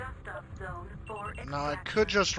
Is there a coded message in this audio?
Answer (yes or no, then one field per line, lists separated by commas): no